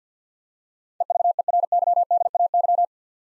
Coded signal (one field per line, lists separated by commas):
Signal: Morse code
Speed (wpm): 50 wpm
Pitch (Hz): 700 Hz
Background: none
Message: EVERYDAY